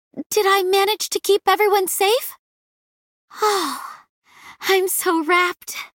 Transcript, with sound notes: did I manage to keep everyone safe?... *Sign of Relief* I'm so rapt...